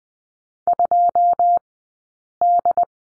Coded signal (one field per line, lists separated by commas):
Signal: Morse code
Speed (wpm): 20 wpm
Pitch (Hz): 700 Hz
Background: none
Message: 2D